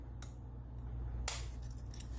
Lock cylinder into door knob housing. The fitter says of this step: and that's how we know it's fully keyed and you'll see the retainer pop back up